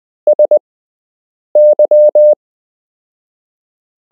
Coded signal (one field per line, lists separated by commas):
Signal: Morse code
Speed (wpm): 20 wpm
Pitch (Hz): 600 Hz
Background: none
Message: SY